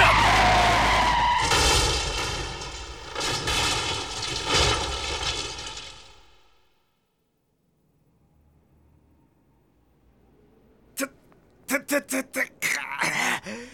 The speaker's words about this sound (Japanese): しかし、カキョインがとっさに急ブレーキを踏まなければ、今頃…